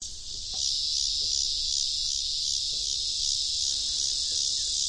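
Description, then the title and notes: Cicadas in a dense, steady high-pitched chorus, a continuous hissing buzz that swells up after a quieter first half-second and then holds without a break. Many 17-year cicadas filling cottonwood trees around a creek at the back of a cornfield in central Iowa, late August. "I was in central Iowa. The trees were filled with 17-year cicadas"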